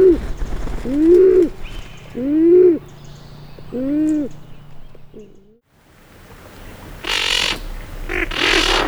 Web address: Band-tailed Pigeon